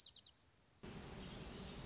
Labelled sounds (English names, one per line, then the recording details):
Dark-eyed Junco
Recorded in Sonoma County, California